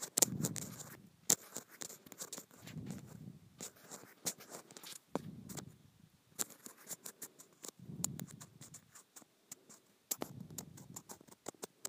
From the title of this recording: Scratching Rippled Plastic